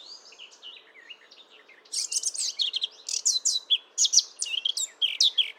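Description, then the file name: Eurasian blackcap song, beginning with soft subdued warbling, then breaking into loud, clear fluty whistles and rapid notes. "Sylvia atricapilla"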